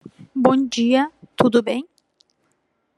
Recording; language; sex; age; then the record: spoken sentence; Brazilian Portuguese; female; 50 to 59 years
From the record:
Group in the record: control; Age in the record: 51 years